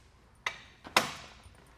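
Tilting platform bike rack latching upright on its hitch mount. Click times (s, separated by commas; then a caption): 1.0 s. A tilted-down aluminum Thule Helium Platform XT platform bike rack for 2 bikes on its hitch mount is lifted back up until its tilt mechanism latches in the upright position. A sharp click comes at 0.5 s, then a louder click at 1.0 s as the tilt latch snaps into place. The rack is seated upright.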